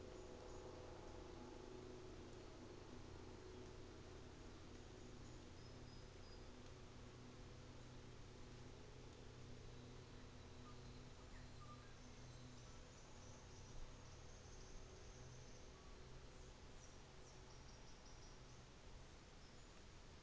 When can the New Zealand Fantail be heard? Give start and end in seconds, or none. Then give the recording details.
3.97-5.83, 11.92-15.77, 16.31-19.95. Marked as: faintness 4/5. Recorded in New Zealand on 24 December 2018. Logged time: 13:05